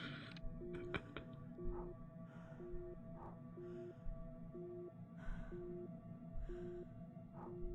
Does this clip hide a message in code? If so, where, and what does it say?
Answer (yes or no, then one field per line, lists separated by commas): no